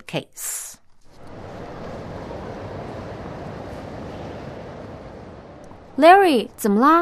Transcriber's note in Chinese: Indoor crowd in a museum